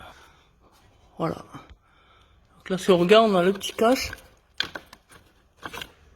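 A small plastic trim cover on the engine bay housing of a 2008 Peugeot 308 HDi, held by clips on each side, is pulled off by hand while someone talks. It comes free with a sharp snap at 4.6 s, followed by a few lighter plastic clicks, and the cover is released.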